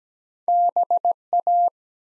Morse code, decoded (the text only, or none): BA